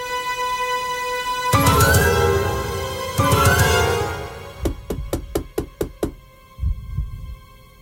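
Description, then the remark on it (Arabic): Two heavy booming thuds, then a run of about seven quick, sharp knocks on a hospital room door in the burns ward, in a steady rhythm over a constant electrical hum, ending with a few soft, low thumps. “محدش رد، فتحت الباب ودخلت”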